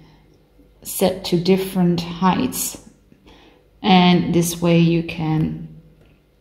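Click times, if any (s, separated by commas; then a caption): none. A punch needle shaft is being handled at its adjustable height sleeve to change the needle height, while someone talks over a quiet background. A brief faint tick occurs around 3.1 s between phrases. The clip ends before the shaft goes home, so nothing has seated or clicked into place yet.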